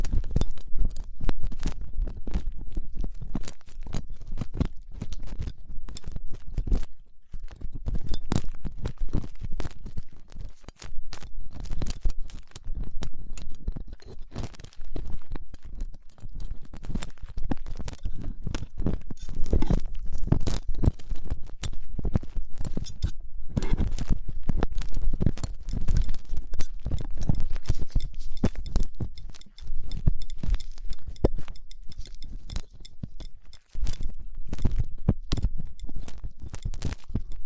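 Ear cleaning with gloves, dental pick and cotton swabs: dense, continuous scratching and crackling over a deep rumble, pausing briefly a few times.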